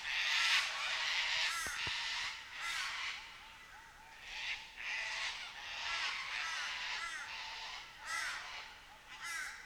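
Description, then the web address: Cockatoos calling loudly and almost continuously, with harsh grating screeches overlapping in rough, uneven bursts. Cockatoos in Nightcap National Park, Australia. "Les Cartes Postales Sonores NOISE ON EARTH Vol 7 AUSTRALIA Les Cartes Postales Sonores Cocatoes of Nightcap NP"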